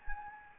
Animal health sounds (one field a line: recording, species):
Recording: mosquito wingbeat signal from an infrared sensor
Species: Anopheles gambiae